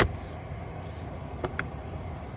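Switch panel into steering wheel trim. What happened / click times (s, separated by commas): The switch panel clipped into the steering wheel trim / 1.4 s, 1.6 s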